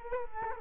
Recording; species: mosquito wingbeat signal from an infrared sensor; Culex quinquefasciatus